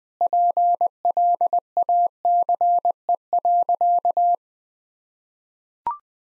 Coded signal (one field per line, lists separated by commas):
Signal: Morse code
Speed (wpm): 20 wpm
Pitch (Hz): 700 Hz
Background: none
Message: PLACE.